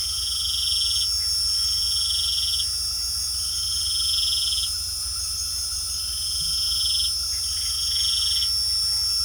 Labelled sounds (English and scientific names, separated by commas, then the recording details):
none
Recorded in pastures near Puerto Asís, Putumayo, Colombia, on 8 March 2025 at 21:30
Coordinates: 0.497, -76.327
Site G072